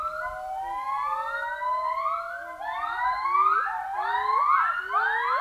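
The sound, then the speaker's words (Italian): Gibbons singing: overlapping high, rising whoops repeat and quicken into a steady, loud chorus of swooping calls. No one speaks. “Infatti, ascoltate le voci di queste tenerissime scimmie.”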